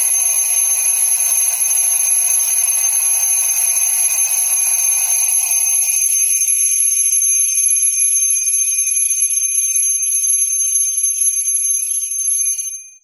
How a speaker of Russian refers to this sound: Будильник взорвался. Резкий, пронзительный, безжалостный звук вырвал из объятий Морфея без малейшего предупреждения.